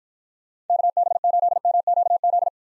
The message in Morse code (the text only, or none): KB8MQZ